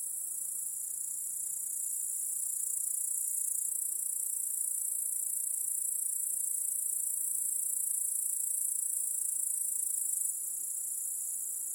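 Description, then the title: Dense cricket chorus, an even, shrill high trill running without pause, a little louder in the middle and softer again at the end. Crickets chorusing in a backyard at night. "Crickets in Your Backyard 🏡. Discovering the Sounds of Home"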